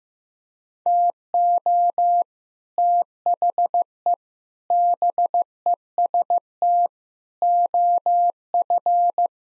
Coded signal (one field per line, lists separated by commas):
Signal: Morse code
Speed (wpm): 15 wpm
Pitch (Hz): 700 Hz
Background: none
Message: TO THE BEST OF